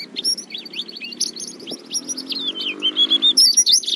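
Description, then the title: White-eye song: rapid high twittered notes and short slurred whistles, growing louder near the end, over a low steady background hum. "Pleci"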